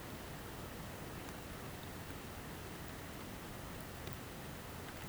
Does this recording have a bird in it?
no